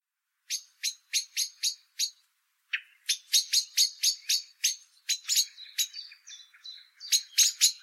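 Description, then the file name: Common blackbird calling: a short burst of clipped chinking notes, a pause, then a longer series of similar notes mixed with a few thin high whistled notes. "Turdus merula"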